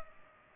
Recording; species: mosquito wingbeat signal from an infrared sensor; Culex pipiens